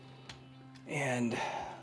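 A plastic tab is handled near a slot in the body of an XTransbots MX-46 Big Load Long Haul transforming robot toy, with a single short tick at 0.3 s over a steady low hum before someone talks from about 0.9 s. Nothing has seated or clicked yet.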